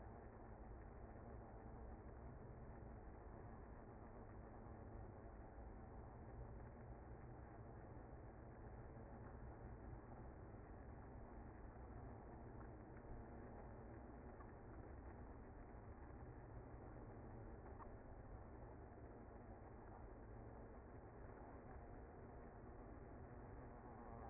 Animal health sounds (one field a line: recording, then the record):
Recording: honeybee colony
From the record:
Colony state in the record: active